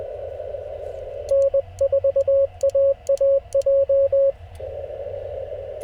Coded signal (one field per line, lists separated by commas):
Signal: Morse code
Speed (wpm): 20 wpm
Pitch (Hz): 560 Hz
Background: radio noise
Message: N4AAJ